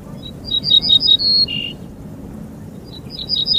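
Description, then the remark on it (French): An ortolan bunting, a small sparrow-like passerine of farmland, sings a phrase of clear, evenly repeated high notes ending on a longer, lower note, then starts the phrase again after a pause, over a steady low rumble. “Cet oiseau que vous entendez là est un bruant ortolan, un petit passereau des campagnes aux faux airs de moineaux, un grand chanteur, l'ortolan, malheureusement moins connu pour ses talents d'artiste que pour sa chair”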